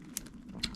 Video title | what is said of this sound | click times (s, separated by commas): 96 Mercury Cougar XR-7 4.6L Misfire... “Temporary” Wiring Connector Repair | Snapped right in. Perfect. | 0.6 s